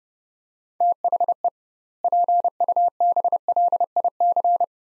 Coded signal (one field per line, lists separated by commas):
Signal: Morse code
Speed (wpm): 29 wpm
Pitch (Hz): 700 Hz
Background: none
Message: THE PUBLIC